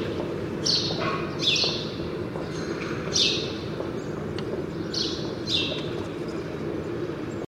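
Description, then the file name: House sparrow chirps, a few brief high cheeps spaced out by pauses, heard over a steady low rumble. "Passer domesticus"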